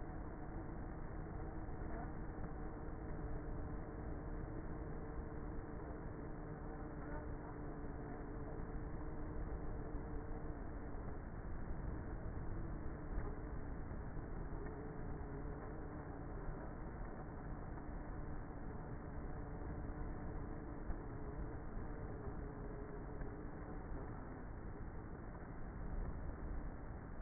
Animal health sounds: honeybee colony, microphone inside the hive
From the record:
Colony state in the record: queenless with a low population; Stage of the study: before two queens were removed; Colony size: about 30,000 bees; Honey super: no

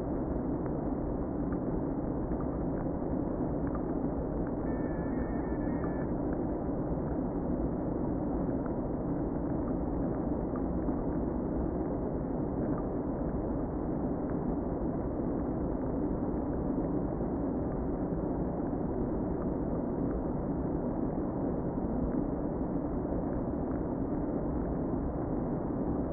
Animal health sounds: honeybee colony, microphone inside the hive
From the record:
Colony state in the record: queen present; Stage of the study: before two queens were removed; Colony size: about 60,000 bees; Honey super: yes

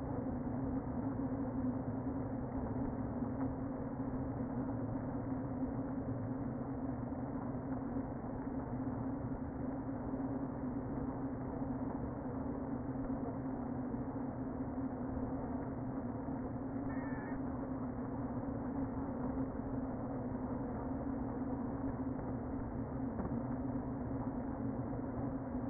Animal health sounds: honeybee colony, microphone inside the hive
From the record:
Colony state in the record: queen present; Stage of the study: before two queens were removed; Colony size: about 60,000 bees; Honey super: yes

